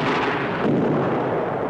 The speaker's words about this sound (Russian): Снаряд падает рядом с пушкой артиллерии.